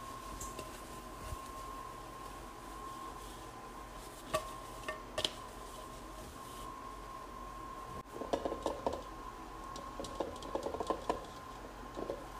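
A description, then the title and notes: A large bowl is washed and dried over a steady low hum with a clear, constant tone running beneath everything. A few sharp knocks land around four and five seconds, then from the eighth second the handling grows busier, with repeated clatters and rubbing squeaks. ASMR Washing and Drying Large Bowl.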